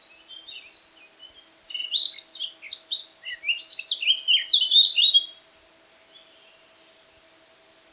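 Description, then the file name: Eurasian blackcap song: a continuous, hurried warble of jumbled high notes lasting over five seconds, then quiet with faint later notes. "Sylvia atricapilla"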